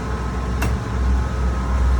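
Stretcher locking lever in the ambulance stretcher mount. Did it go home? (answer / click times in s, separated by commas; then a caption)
released / 0.6 s. Someone pushes in the arrow-marked locking lever on an ambulance stretcher mount, and a single sharp, bright hit sounds at 0.6 s over a steady low hum. The push releases the stretcher's locking mechanism.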